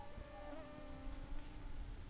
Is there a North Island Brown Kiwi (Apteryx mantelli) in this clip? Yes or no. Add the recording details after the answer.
no. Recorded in New Zealand on 11 December 2014. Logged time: 22:44. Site CF20